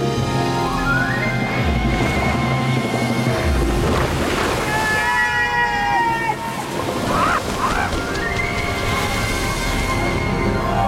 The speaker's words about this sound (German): Genau darüber drehst du dich schneller und schneller im Kreis, bis im Wasser ein tiefer Wirbel entsteht.